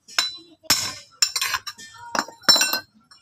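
A bearing is tapped into the crankcase of a Honda Click 125 scooter engine during an overhaul, using light hammer taps. A series of sharp, bright metallic taps rings out, with distinct hits at about 1.2 s and 2.2 s. The tapping sound changes, showing that the bearing is now fully seated.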